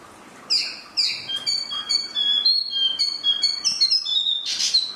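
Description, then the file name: Chinese hwamei song made of short, clear whistled notes at varied pitches, strung together quickly after two opening chirps, ending with a burst of harsher sound. "hwamei mini"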